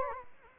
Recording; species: mosquito wingbeat signal from an infrared sensor; Anopheles gambiae